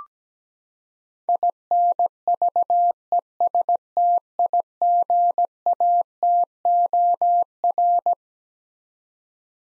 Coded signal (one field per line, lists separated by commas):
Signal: Morse code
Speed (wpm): 17 wpm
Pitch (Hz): 700 Hz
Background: none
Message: INVESTIGATOR